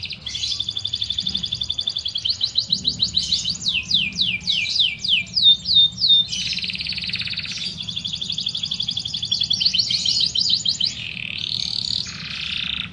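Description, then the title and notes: Atlantic Canary song, continuous buzzy trills and rapid sweeping notes at varied pitches. Canary master song, a tutor recording used for training other canaries. "Suara Burung Kenari Masteran. master suara burung kenari mantap"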